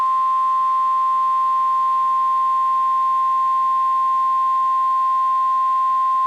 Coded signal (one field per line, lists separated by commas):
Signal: Emergency Alert System (SAME) tones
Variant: 1050 Hz attention tone